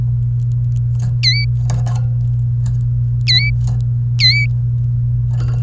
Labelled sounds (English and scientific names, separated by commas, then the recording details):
Domestic Canary (Serinus canaria) song
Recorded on 29 April 2018 at 10:28
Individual llb3